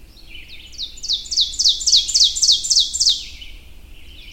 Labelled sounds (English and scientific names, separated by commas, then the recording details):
Ovenbird (Seiurus aurocapilla) song
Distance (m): 15 m
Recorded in boreal forest in Alberta, Canada, on 22 June 2016 at 05:14
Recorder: SongMeter 3, array SBT-6-76
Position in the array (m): 150 m, 99 m
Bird 3